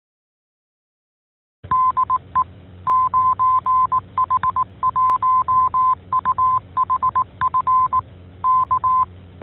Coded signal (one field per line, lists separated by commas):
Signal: Morse code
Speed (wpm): 18 wpm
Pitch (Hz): 1030 Hz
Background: none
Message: DE 9H1UHF K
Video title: 44. 9H-HAM GlobalNet - Main topic: Open [08 Dec 2022]